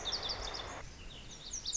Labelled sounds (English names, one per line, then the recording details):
Lazuli Bunting
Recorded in Sonoma County, California